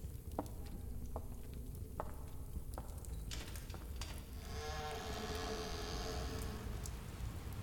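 Steady rain falls with a constant low wash, scattered drips and taps breaking through, and a brighter hissing patter swelling in during the second half.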